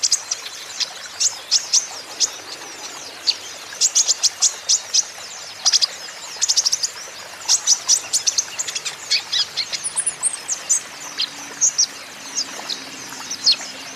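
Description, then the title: Van Hasselt's sunbird singing a long, lively sequence of very high chirps and trilled twitters, packed in fast bursts with brief gaps. Green-plumaged (ijoan) kolibri ninja (konin) in constant 'gacor' song, used as a lure and therapy for untrained konin, which are sure to answer. "KOLIBRI NINJA KONIN IJOAN GACOR COCOK UNTUK PANCINGAN TERAPI KONIN BAHAN PASTI NYAUT"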